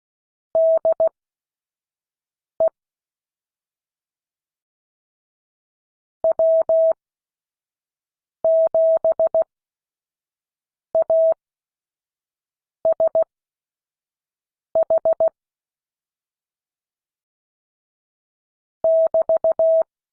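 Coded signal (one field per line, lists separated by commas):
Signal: Morse code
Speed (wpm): 16 wpm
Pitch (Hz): 650 Hz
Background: none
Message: DE W7ASH <BT>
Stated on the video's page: Morse code class.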